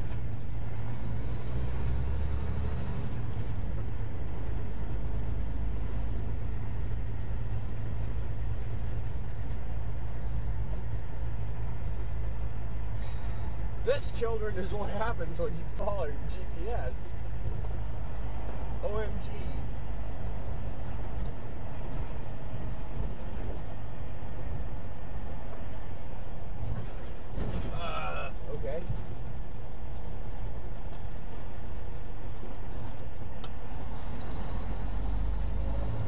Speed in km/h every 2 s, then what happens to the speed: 26, 32, 35, 37, 37, 37, 37, 35, 35, 35, 34, 34, 32, 31, 26, 23, 19, 24.
0-5 speeds up to 37. 5-25 steady at about 35. 25-31 slows to 19.